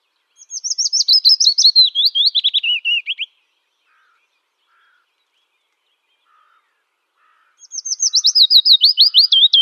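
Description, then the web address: Willow warbler song: two sweet whistled phrases, each a soft cascade of notes sliding gently downward, the first lasting about three seconds and the second cut off at the end, separated by a long, nearly silent pause. "Schulze Peter Willow Warbler song"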